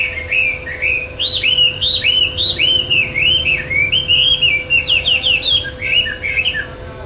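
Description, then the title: Bird song of rapid looping whistles, each note arching up then dropping, repeated in a continuous flowing stream with a low steady hum behind. "SuaraBurung Kicau6"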